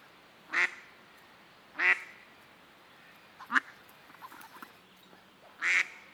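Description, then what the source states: Duck quacking: three loud, harsh quacks spaced over a few seconds, with a shorter, softer call and faint chatter between them. On a lake.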